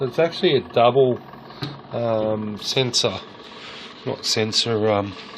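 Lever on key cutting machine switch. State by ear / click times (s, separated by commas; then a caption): not seated / none. A lever on a key cutting machine is handled above its aluminium fitting, where lowering it trips a double safety switch. Someone talks over a faint steady background noise. Nothing has seated or clicked yet.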